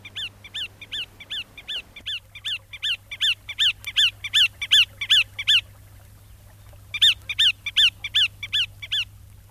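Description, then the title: Bar-tailed Godwit calls, a regular run of nasal notes, a pause, then the series resumes; faint low hum throughout. "Viikon luontoääni: Punakuiri"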